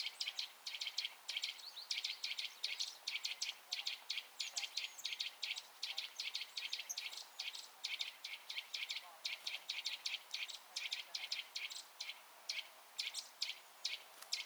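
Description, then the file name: Eurasian nuthatch delivering long series of quick, high, clipped notes, repeated almost continuously throughout with only brief gaps. "Sitta europaea"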